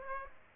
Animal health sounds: mosquito wingbeat signal from an infrared sensor; Aedes aegypti

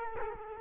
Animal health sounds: mosquito wingbeat signal from an infrared sensor; Culex quinquefasciatus

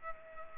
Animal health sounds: mosquito wingbeat signal from an infrared sensor; Culex pipiens

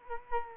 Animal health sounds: mosquito wingbeat signal from an infrared sensor; Culex quinquefasciatus

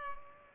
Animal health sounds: mosquito wingbeat signal from an infrared sensor; Culex pipiens

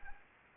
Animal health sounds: mosquito wingbeat signal from an infrared sensor; Anopheles gambiae

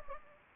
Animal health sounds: mosquito wingbeat signal from an infrared sensor; Anopheles gambiae

